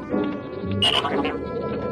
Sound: beeping and whistling